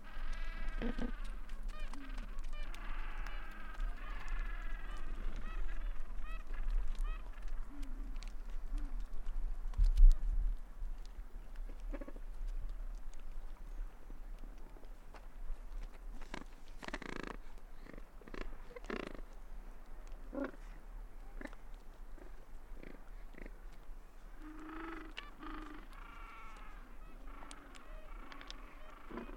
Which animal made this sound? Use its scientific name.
Pygoscelis papua